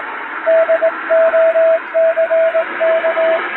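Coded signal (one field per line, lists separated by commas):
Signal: Morse code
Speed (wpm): 20 wpm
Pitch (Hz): 650 Hz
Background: radio noise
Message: DOCK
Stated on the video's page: Showa-era style shortwave Morse telegram practice sent with a vertical straight key, with noise and fading added, for reception training.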